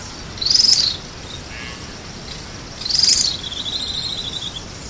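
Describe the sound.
Bird giving two high, thin, buzzy calls about two and a half seconds apart, the second followed by a soft high trill.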